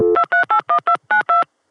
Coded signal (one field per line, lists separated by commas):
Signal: DTMF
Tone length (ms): 100 ms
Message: 2381292